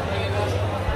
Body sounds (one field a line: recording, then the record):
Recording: background sound without coughing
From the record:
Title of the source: CITY SOUNDS Busy Bar in the Evening Night - 2 HOURS of Ambiance for Relaxation